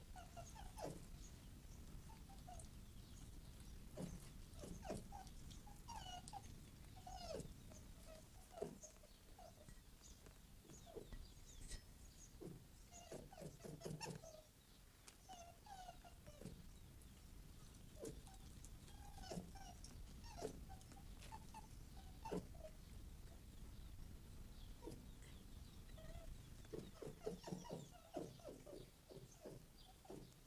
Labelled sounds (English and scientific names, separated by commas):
Red Fox (Vulpes vulpes)